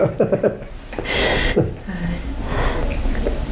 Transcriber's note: laughs